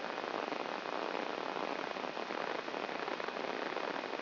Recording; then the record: brain microelectrode recording played as sound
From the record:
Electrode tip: inside the subthalamic nucleus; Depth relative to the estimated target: 1 mm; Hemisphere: left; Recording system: AlphaMap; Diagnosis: Parkinson's disease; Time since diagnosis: 10 years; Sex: female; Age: 63 years